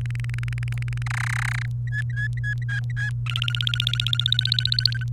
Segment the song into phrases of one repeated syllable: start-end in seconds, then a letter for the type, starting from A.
0.01-1.02 A, 1.06-1.66 B, 1.87-3.10 C, 3.26-5.04 D